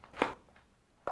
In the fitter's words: and you're gonna hear them snap in